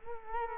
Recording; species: mosquito wingbeat signal from an infrared sensor; Culex quinquefasciatus